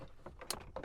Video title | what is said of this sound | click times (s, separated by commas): Installing Bulletpoint RubiGrid Metal Dash Mount Phone Holder & Action Camera Mount - F-150 2021+ | snapped into place | 0.5 s